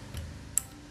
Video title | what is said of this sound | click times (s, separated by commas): MERAKIT PC - MUDAH & LENGKAP PASTI BISA #MERAKITPC #MERAKITKOMPUTER#TKJ #KOMPONENPC #SSD | kita tekan Sampai bunyi klik nah | 0.6 s